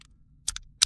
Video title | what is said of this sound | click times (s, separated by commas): GoPro Mission 1 Pro – Come montarla come dashcam | Fatelo semplicemente scorrere finché non scatta, chiudetelo | 0.8 s